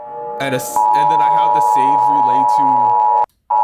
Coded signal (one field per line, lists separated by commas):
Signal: Emergency Alert System (SAME) tones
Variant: 853 and 960 Hz attention tone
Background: speech